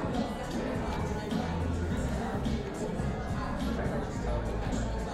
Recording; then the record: background sound without coughing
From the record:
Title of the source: 60 minutes of coffee shop sounds for study and concentration